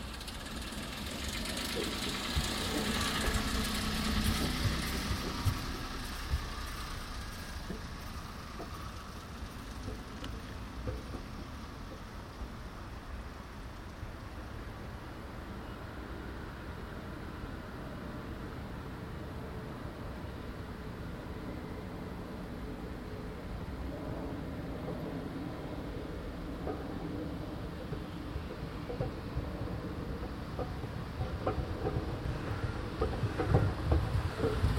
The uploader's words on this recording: Sounding tiles parking deck Megastores, The Hague. Recorded with binaural microphones on the parking deck of the Megastores in The Hague. This is covered with tiles that lie apart from each other, separated by rubber elements. This causes a distinctive sound when driven over.